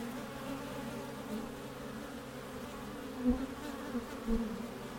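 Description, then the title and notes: Honey bee hum, continuous and droning, with a few short louder bursts near the end. Backyard garden beehive entrance, recorded from the top on a warm spring day, Mission district, San Francisco, 2009; microphones placed in the hive and at its entrance. "Tree's Bees - Hive Entrance From Top (Excerpt). A warm spring day in the Mission district, San Francisco 2009, at the backyard garden beehive of Tree"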